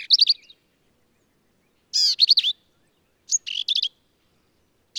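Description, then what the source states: Black-capped vireo singing short, lively phrases of rapid slurred notes, each one varied, separated by brief pauses. Endangered per U.S. Fish and Wildlife Service; sings phrases alone, truncated, embellished or run together, lively and emphatic; same individual, Kerr Wildlife Management Area, Hunt, Texas hill country.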